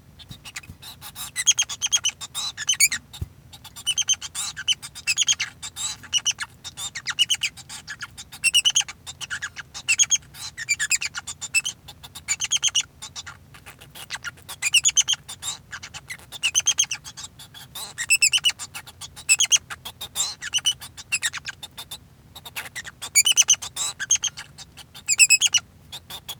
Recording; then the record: song of a male Bengalese finch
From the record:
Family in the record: son of father 2